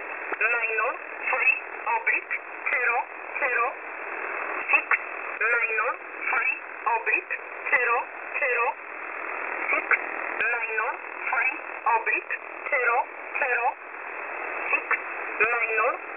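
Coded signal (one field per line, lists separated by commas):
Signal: numbers station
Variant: E11 Oblique, English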